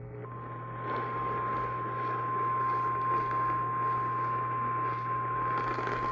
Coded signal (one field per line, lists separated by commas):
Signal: Emergency Alert System (SAME) tones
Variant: 1050 Hz attention tone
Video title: Eas LCH svr on KLVI-AM Eas#2008